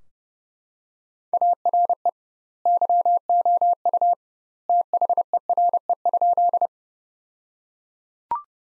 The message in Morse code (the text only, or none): ARE YOU THERE?